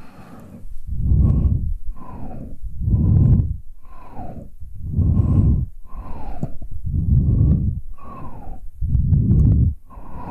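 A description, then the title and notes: Close, heavy breathing through the mouth, with about nine deep, rhythmic breaths in ten seconds, each a rough, airy puff that swells and fades. Several carry a faint falling wheeze or whistle, and a few small clicks of the lips sit between breaths. ASMR Close Mouth Sounds.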